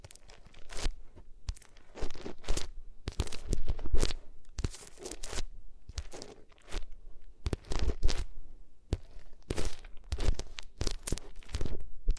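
Ears rubbed against different materials make bursts of bright scratching, crinkling and tearing, in irregular strokes about every half second with brief pauses.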